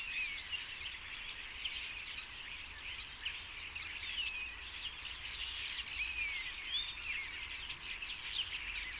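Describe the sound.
Common starlings in a busy chorus, overlapping whistled slides and squeaky clicks running without pause throughout.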